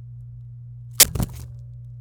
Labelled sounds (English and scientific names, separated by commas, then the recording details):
Domestic Canary (Serinus canaria) song
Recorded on 26 April 2018 at 17:08
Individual llb3